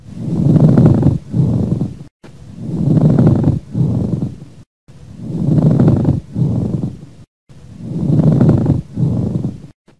Respiratory pleural rub.